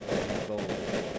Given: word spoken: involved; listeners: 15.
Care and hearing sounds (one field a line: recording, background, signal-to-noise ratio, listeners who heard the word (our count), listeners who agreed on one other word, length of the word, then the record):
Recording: one English word in noise, from a listening test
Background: noise modulated by three-talker babble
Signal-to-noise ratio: -5.6 dB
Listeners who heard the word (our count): 1 of 15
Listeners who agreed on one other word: 6 of 15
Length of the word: 0.79 s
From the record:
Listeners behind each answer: 6, 2, 2, 1, 1, 1, 1, 1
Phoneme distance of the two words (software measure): 41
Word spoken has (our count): 2 syllables, 7 phonemes, stress on syllable 2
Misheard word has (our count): 1 syllable, 4 phonemes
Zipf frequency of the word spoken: 5.10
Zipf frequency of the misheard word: 4.12